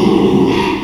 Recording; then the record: squeal of a Yucatan mini pig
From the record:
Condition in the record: after surgery on the right vocal fold (resection and tissue-engineered implant); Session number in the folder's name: 1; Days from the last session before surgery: 6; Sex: male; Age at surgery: 12 weeks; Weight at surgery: 13 kg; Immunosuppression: cyclosporine, prednisolone